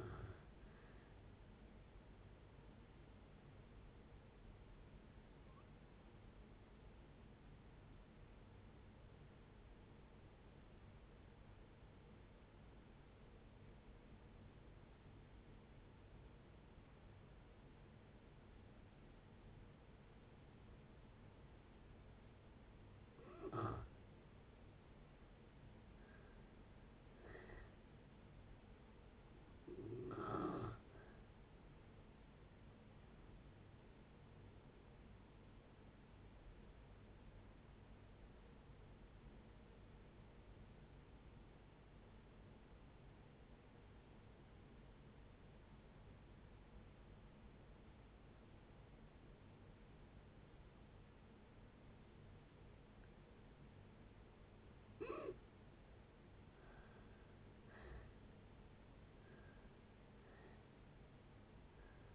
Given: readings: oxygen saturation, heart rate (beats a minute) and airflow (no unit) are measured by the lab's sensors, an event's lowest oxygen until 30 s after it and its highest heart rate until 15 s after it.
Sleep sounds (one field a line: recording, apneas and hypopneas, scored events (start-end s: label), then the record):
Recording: breathing in sleep by a voice recorder at the bedside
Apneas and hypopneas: 2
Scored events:
4.00-24.20 s: hypopnea (N1, oxygen 94% highest, then 80% lowest, heart rate 63 at the start, 73 highest)
36.00-56.20 s: obstructive apnea (N1, oxygen 93% highest, then 75% lowest, heart rate 69 at the start, 75 highest)
From the record:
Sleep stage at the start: N1 (lightest sleep)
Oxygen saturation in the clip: 68 to 94%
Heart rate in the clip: 60 to 76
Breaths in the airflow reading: 8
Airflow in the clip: -7.6 to 7.1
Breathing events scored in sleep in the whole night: 496 in 5.4 hours asleep